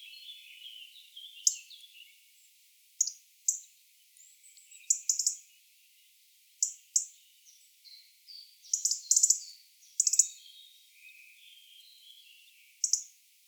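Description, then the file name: European robin singing thin, high warbled phrases mixed with sharp ticking notes, delivered in short bursts with brief pauses, in a quiet background. "Erithacus rubecula"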